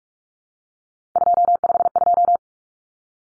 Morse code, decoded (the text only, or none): 252